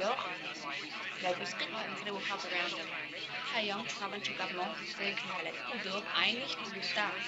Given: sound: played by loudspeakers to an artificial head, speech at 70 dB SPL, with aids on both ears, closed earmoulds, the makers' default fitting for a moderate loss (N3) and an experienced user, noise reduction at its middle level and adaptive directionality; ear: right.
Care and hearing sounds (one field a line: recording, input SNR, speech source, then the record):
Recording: speech test signal (ISTS) in cocktail-party noise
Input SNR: -3 dB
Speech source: in front (0 degrees)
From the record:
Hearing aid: class 1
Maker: F